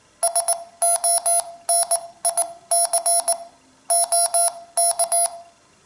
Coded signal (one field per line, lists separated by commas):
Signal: Morse code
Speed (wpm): 18 wpm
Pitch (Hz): 690 Hz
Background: none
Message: SONIC OK